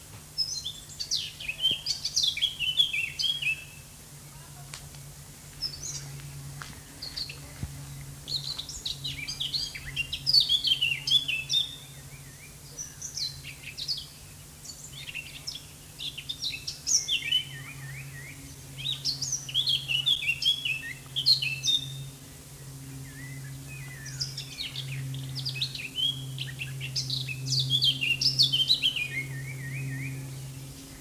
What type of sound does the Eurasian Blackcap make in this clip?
song